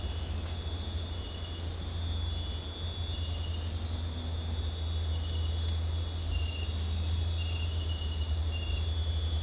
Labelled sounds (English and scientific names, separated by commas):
none